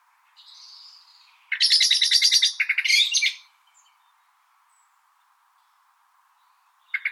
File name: Turdus merula